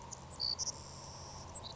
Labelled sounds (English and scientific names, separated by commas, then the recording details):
Savannah Sparrow (Passerculus sandwichensis)
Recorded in Sonoma County, California